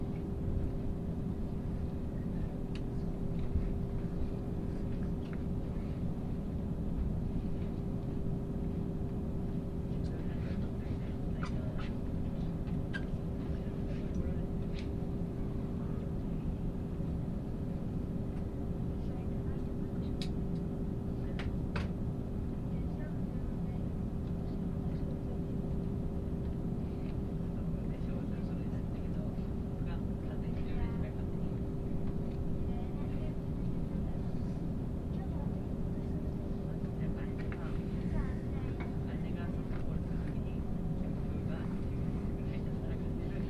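Inside the Ishizuchi 101 limited express on the Yosan Line, a steady low rumble of the running train fills the whole stretch, with a constant mid-pitched tone holding throughout. Faint clicks and brief taps sound now and then, especially around twenty seconds.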